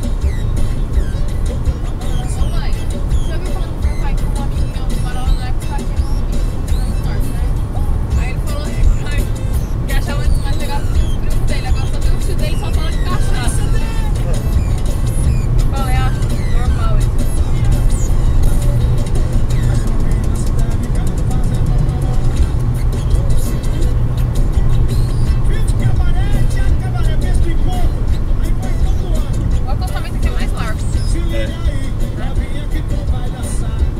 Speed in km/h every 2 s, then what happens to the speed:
136, 139, 141, 144, 147, 150, 153, 155, 157, 158, 158, 157, 156, 154, 146, 139, 136.
0-18 speeds up to 158. 18-26 steady at about 157. 26-34 slows to 136.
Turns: none.